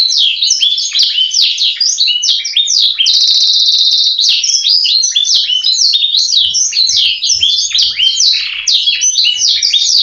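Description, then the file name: Canary pouring out fast warbling song of chirps and slides, with a held buzzy trill early on and soft low knocks in the background. Canary song tutored with black-throated canary song (isian blacksang). "kenari isian blacksang omkicau"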